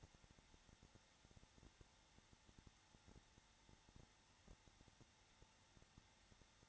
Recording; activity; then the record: daily activity, microphone in the room; no activity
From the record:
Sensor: 3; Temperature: 21.3 degrees Celsius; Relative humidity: 33.3%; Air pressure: 994.5 hPa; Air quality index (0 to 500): 168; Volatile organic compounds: 3 ppm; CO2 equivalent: 1459 ppm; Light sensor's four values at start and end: 2/3/2/2 and 2/3/2/2